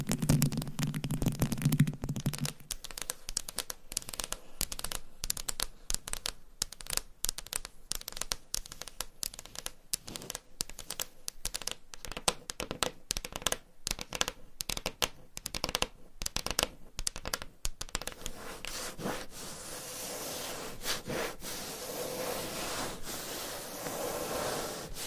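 Dense, irregular tapping and scratching, sharp clicks packed closely for most of the clip, a brief low hum at the start, then softer rubbing near the end.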